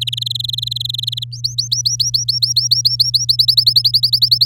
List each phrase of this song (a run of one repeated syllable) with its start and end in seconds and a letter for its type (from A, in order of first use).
0.01-1.24 A, 1.32-3.25 B, 3.29-4.45 C